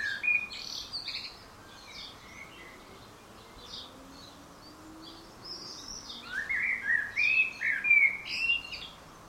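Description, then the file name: Common blackbird singing mellow warbled phrases that break into thin high twitters, one phrase at the start and a longer one near the end, separated by a quiet pause. "Turdus merula"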